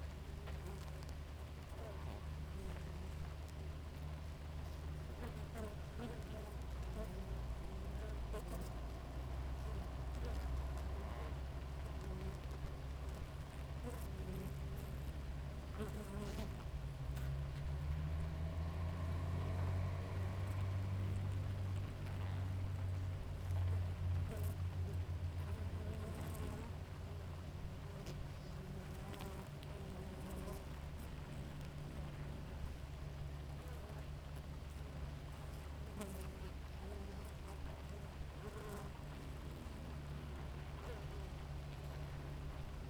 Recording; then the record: honeybee colony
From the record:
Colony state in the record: active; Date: 28 July 2017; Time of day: 5:18